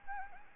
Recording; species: mosquito wingbeat signal from an infrared sensor; Anopheles arabiensis